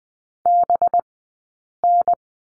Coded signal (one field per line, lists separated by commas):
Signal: Morse code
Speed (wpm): 20 wpm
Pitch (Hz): 700 Hz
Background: none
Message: BN